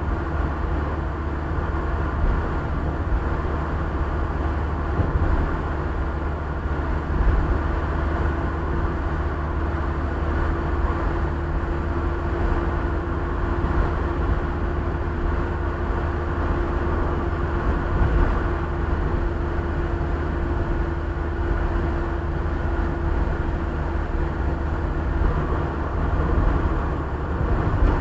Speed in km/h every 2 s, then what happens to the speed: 73, 72, 73, 73, 73, 73, 74, 75, 76, 76, 75, 74, 73, 72.
0-28 steady at about 73.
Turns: none.